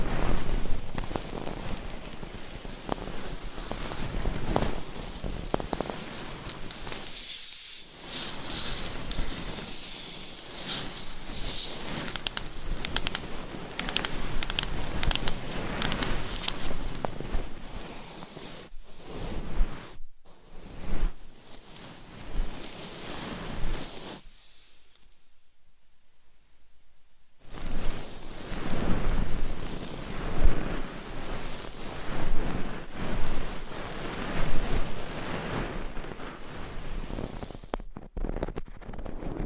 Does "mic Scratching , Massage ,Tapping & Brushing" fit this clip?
yes